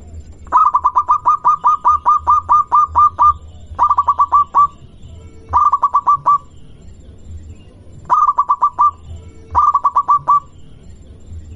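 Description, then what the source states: Zebra dove song: a long run of about a dozen rapid, even notes, then several shorter bursts of rapid notes, with a steady low hum underneath. Local-type zebra dove (perkutut lokal).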